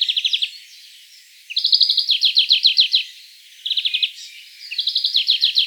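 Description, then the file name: European greenfinch calls, fast trilled bursts of ticking notes around mid-high pitch, four rattling series with short pauses between them. "Chloris chloris"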